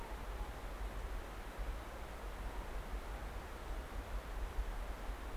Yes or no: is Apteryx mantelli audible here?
no